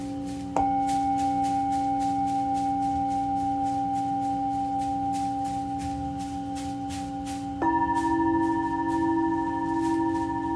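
A singing bowl is struck twice, near the start and again around eight seconds, each ringing in long steady tones over faint regular ticking.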